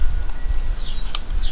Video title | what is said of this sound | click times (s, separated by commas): How To replace Rear Cup Holder and Tag Light Housing - 2013-2019 Ford Explorer (2016) - Daily Vlog | then we should hear it click in there. I believe that it did. | 1.1 s